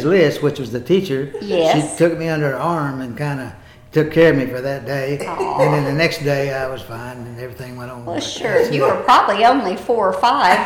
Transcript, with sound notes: Liss which was the teacher--
Yes.
--she took me under her arm and kinda took care of me for that day.
(Chuckling) Aww.
And the next day I was fine, and everything went on--
Well sure. You were probably only four or five.